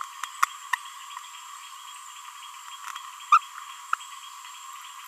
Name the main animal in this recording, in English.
Green-rumped Parrotlet